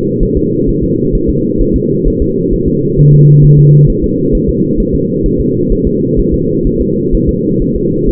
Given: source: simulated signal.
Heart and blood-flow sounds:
fetal heart sounds
0.23 s: S1
0.37 s: S2
0.69 s: S1
0.83 s: S2
1.15 s: S1
1.30 s: S2
1.61 s: S1
1.76 s: S2
2.07 s: S1
2.22 s: S2
2.53 s: S1
2.68 s: S2
2.99 s: S1
3.13 s: S2
3.44 s: S1
3.59 s: S2
3.90 s: S1
4.04 s: S2
4.35 s: S1
4.49 s: S2
4.80 s: S1
4.95 s: S2
5.26 s: S1
5.41 s: S2
5.72 s: S1
5.87 s: S2
6.19 s: S1
6.34 s: S2
6.67 s: S1
6.81 s: S2
7.15 s: S1
7.29 s: S2
7.62 s: S1
7.76 s: S2
8.09 s: S1
From the record:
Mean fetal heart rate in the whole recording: 130 bpm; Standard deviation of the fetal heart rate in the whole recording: 4 bpm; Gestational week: 38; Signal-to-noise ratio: -11.2 dB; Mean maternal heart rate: 72 bpm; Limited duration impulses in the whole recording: present

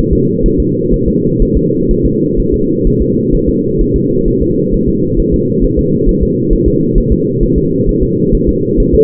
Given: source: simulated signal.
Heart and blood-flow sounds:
fetal heart sounds
0.13 s: S2
0.46 s: S1
0.60 s: S2
0.94 s: S1
1.08 s: S2
1.42 s: S1
1.57 s: S2
1.91 s: S1
2.06 s: S2
2.39 s: S1
2.54 s: S2
2.87 s: S1
3.02 s: S2
3.34 s: S1
3.49 s: S2
3.81 s: S1
3.96 s: S2
4.28 s: S1
4.42 s: S2
4.74 s: S1
4.89 s: S2
5.20 s: S1
5.34 s: S2
5.64 s: S1
5.79 s: S2
6.09 s: S1
6.23 s: S2
6.53 s: S1
6.68 s: S2
6.98 s: S1
7.12 s: S2
7.43 s: S1
7.58 s: S2
7.89 s: S1
8.03 s: S2
8.35 s: S1
8.49 s: S2
8.80 s: S1
8.94 s: S2
From the record:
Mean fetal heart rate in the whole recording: 130 bpm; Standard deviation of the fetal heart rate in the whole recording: 4 bpm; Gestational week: 38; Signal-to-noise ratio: -11.2 dB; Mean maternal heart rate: 72 bpm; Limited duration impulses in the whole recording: present

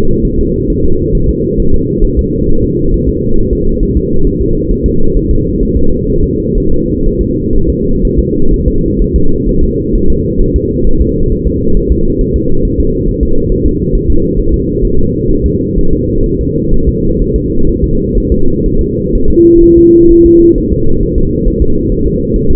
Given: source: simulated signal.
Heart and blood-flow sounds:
fetal heart sounds
0.25 s: S1
0.39 s: S2
0.70 s: S1
0.85 s: S2
1.15 s: S1
1.29 s: S2
1.60 s: S1
1.74 s: S2
2.05 s: S1
2.19 s: S2
2.49 s: S1
2.64 s: S2
2.94 s: S1
3.09 s: S2
3.39 s: S1
3.53 s: S2
3.83 s: S1
3.97 s: S2
4.27 s: S1
4.41 s: S2
4.72 s: S1
4.86 s: S2
5.17 s: S1
5.31 s: S2
5.63 s: S1
5.77 s: S2
6.10 s: S1
6.24 s: S2
6.58 s: S1
6.72 s: S2
7.06 s: S1
7.21 s: S2
7.56 s: S1
7.70 s: S2
8.05 s: S1
8.19 s: S2
8.54 s: S1
8.68 s: S2
9.02 s: S1
9.16 s: S2
9.49 s: S1
9.63 s: S2
9.95 s: S1
10.10 s: S2
10.41 s: S1
10.56 s: S2
10.87 s: S1
11.02 s: S2
11.32 s: S1
11.47 s: S2
11.77 s: S1
11.92 s: S2
12.21 s: S1
12.36 s: S2
12.65 s: S1
12.80 s: S2
13.09 s: S1
13.23 s: S2
13.52 s: S1
13.66 s: S2
13.95 s: S1
14.10 s: S2
14.40 s: S1
14.54 s: S2
14.85 s: S1
14.99 s: S2
15.31 s: S1
15.46 s: S2
15.78 s: S1
15.93 s: S2
16.26 s: S1
16.41 s: S2
16.74 s: S1
16.89 s: S2
17.22 s: S1
17.36 s: S2
17.69 s: S1
17.84 s: S2
18.18 s: S1
18.32 s: S2
18.66 s: S1
18.81 s: S2
19.15 s: S1
19.30 s: S2
19.64 s: S1
19.78 s: S2
20.12 s: S1
20.26 s: S2
20.58 s: S1
20.73 s: S2
21.03 s: S1
21.18 s: S2
21.48 s: S1
21.62 s: S2
21.92 s: S1
22.06 s: S2
22.36 s: S1
22.51 s: S2
From the record:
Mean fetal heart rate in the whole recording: 130 bpm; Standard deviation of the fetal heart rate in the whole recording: 4 bpm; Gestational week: 38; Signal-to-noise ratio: -19.1 dB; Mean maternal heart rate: 72 bpm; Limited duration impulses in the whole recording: present

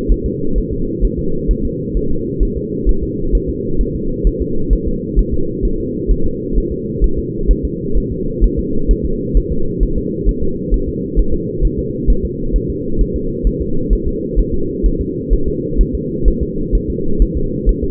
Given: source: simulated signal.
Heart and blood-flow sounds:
fetal heart sounds
0.11 s: S1
0.26 s: S2
0.58 s: S1
0.73 s: S2
1.05 s: S1
1.19 s: S2
1.51 s: S1
1.65 s: S2
1.97 s: S1
2.11 s: S2
2.43 s: S1
2.57 s: S2
2.89 s: S1
3.03 s: S2
3.35 s: S1
3.50 s: S2
3.81 s: S1
3.95 s: S2
4.27 s: S1
4.42 s: S2
4.73 s: S1
4.88 s: S2
5.19 s: S1
5.34 s: S2
5.65 s: S1
5.80 s: S2
6.11 s: S1
6.26 s: S2
6.58 s: S1
6.72 s: S2
7.04 s: S1
7.19 s: S2
7.51 s: S1
7.65 s: S2
7.97 s: S1
8.12 s: S2
8.44 s: S1
8.59 s: S2
8.91 s: S1
9.06 s: S2
9.37 s: S1
9.52 s: S2
9.83 s: S1
9.98 s: S2
10.29 s: S1
10.43 s: S2
10.74 s: S1
10.89 s: S2
11.19 s: S1
11.34 s: S2
11.65 s: S1
11.79 s: S2
12.10 s: S1
12.25 s: S2
12.56 s: S1
12.70 s: S2
13.01 s: S1
13.16 s: S2
13.47 s: S1
13.61 s: S2
13.93 s: S1
14.08 s: S2
14.39 s: S1
14.54 s: S2
14.86 s: S1
15.01 s: S2
15.33 s: S1
15.48 s: S2
15.81 s: S1
15.95 s: S2
16.28 s: S1
16.42 s: S2
16.75 s: S1
16.90 s: S2
17.22 s: S1
17.37 s: S2
17.69 s: S1
17.84 s: S2
From the record:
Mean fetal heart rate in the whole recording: 130 bpm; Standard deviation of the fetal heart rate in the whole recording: 2 bpm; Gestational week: 36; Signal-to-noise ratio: -8.1 dB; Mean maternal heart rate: 72 bpm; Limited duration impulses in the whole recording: absent

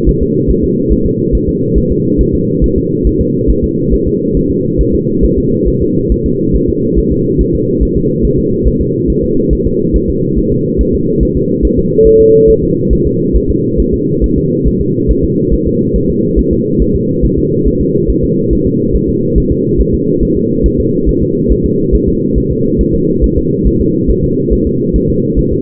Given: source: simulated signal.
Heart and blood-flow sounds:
fetal heart sounds
0.09 s: S1
0.23 s: S2
0.50 s: S1
0.64 s: S2
0.93 s: S1
1.06 s: S2
1.35 s: S1
1.49 s: S2
1.78 s: S1
1.92 s: S2
2.21 s: S1
2.35 s: S2
2.64 s: S1
2.78 s: S2
3.07 s: S1
3.21 s: S2
3.50 s: S1
3.64 s: S2
3.94 s: S1
4.08 s: S2
4.37 s: S1
4.51 s: S2
4.81 s: S1
4.95 s: S2
5.25 s: S1
5.38 s: S2
5.68 s: S1
5.82 s: S2
6.12 s: S1
6.26 s: S2
6.56 s: S1
6.69 s: S2
6.99 s: S1
7.12 s: S2
7.41 s: S1
7.55 s: S2
7.83 s: S1
7.97 s: S2
8.25 s: S1
8.39 s: S2
8.68 s: S1
8.81 s: S2
9.10 s: S1
9.24 s: S2
9.53 s: S1
9.67 s: S2
9.96 s: S1
10.10 s: S2
10.38 s: S1
10.52 s: S2
10.81 s: S1
10.95 s: S2
11.23 s: S1
11.37 s: S2
11.65 s: S1
11.79 s: S2
12.07 s: S1
12.21 s: S2
12.50 s: S1
12.64 s: S2
12.93 s: S1
13.07 s: S2
13.36 s: S1
13.50 s: S2
13.80 s: S1
13.94 s: S2
14.24 s: S1
14.38 s: S2
14.68 s: S1
14.81 s: S2
15.11 s: S1
15.25 s: S2
15.53 s: S1
15.67 s: S2
15.96 s: S1
16.10 s: S2
16.39 s: S1
16.53 s: S2
16.82 s: S1
16.96 s: S2
17.25 s: S1
17.39 s: S2
17.68 s: S1
17.81 s: S2
18.10 s: S1
18.24 s: S2
18.53 s: S1
18.67 s: S2
18.96 s: S1
19.09 s: S2
19.38 s: S1
19.52 s: S2
19.81 s: S1
19.94 s: S2
20.23 s: S1
20.37 s: S2
20.66 s: S1
20.80 s: S2
21.09 s: S1
21.23 s: S2
21.52 s: S1
21.66 s: S2
21.95 s: S1
22.09 s: S2
22.38 s: S1
22.52 s: S2
22.81 s: S1
22.95 s: S2
23.24 s: S1
23.38 s: S2
23.67 s: S1
23.81 s: S2
24.10 s: S1
24.24 s: S2
24.53 s: S1
24.67 s: S2
24.96 s: S1
25.10 s: S2
25.39 s: S1
25.53 s: S2
From the record:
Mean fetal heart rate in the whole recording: 140 bpm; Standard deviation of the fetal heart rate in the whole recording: 2 bpm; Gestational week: 34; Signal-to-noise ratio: -11.2 dB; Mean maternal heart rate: 72 bpm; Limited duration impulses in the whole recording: present

